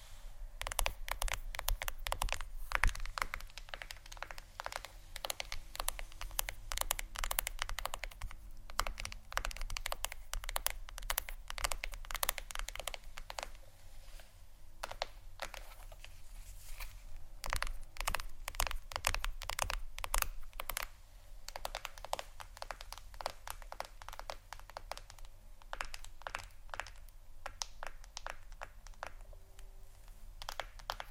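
Fingers tap on a phone or tablet screen in quick, uneven bursts of sharp clicks, dense at times and sparser around the middle. A steady low hum runs underneath throughout, with a brief louder knock near the three-second mark.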